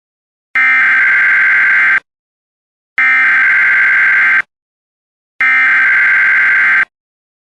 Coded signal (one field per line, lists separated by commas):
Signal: Emergency Alert System (SAME) tones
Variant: header bursts